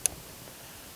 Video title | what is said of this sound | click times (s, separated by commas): 3.0L Duramax LM2 Ag Diesel Solutions Performance Module Installation 21800/61800 | install our harness into theirs until you hear a audible click | 0.1 s